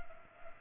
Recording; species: mosquito wingbeat signal from an infrared sensor; Culex pipiens